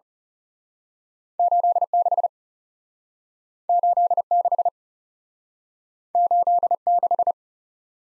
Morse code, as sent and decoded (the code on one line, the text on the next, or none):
---.. / -.... / ---.. / -.... / ---.. / -....
8 6 8 6 8 6